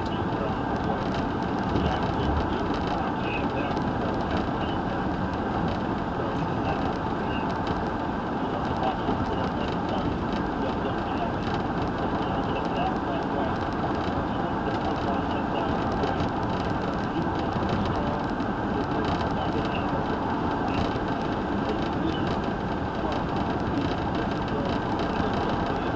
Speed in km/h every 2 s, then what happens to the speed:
109, 109, 111, 111, 111, 111, 111, 111, 109, 109, 109, 109, 109.
0-26 steady at about 109.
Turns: none.